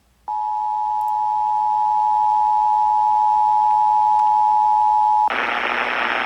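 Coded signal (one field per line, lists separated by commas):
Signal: Emergency Alert System (SAME) tones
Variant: 853 and 960 Hz attention tone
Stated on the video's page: Required Weekly Test received off air from an AM broadcast station on 1020 kHz, picked up with an SDR.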